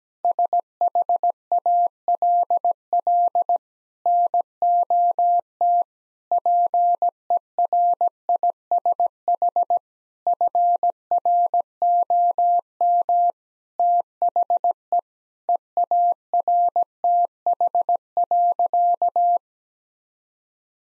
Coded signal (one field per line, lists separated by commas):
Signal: Morse code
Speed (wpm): 17 wpm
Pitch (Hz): 700 Hz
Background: none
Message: SHALL NOT PERISH FROM THE EARTH.